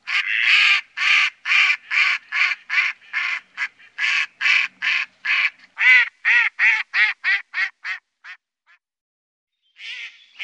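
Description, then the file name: Mallard giving a long, rapid series of loud rasping quacks, about two per second, fading to short soft notes, a pause of about a second, then another quack. "Grasand"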